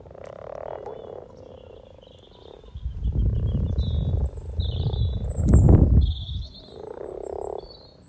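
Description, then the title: Frogs croaking in a chorus of purring bursts, with high chirping birdsong above and a loud low rumble in the middle. About 20 frogs in a sunny garden pond, some floating, some on fresh frogspawn, chorusing to welcome arriving females; Freshfield, Formby, Merseyside, UK; sunny St Patrick's Day, 17 March 2023, spring, lunchtime. "Frog Chorus Spring sounds first Lunch outside St Patrick’s day 17 March 2023 . Freshfield, Formby"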